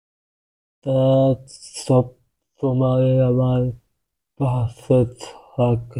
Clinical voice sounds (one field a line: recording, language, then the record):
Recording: elicited speech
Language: Bengali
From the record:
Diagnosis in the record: Broca's or global aphasia after a stroke